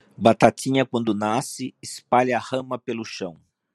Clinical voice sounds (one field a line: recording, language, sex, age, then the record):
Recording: short text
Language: Brazilian Portuguese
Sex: male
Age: 60 to 69 years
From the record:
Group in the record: control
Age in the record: 62 years